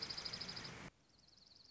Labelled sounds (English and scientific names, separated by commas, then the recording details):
Dark-eyed Junco (Junco hyemalis)
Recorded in Sonoma County, California